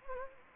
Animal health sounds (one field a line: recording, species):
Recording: mosquito wingbeat signal from an infrared sensor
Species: Anopheles gambiae